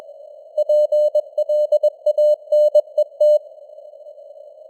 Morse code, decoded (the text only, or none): PLANET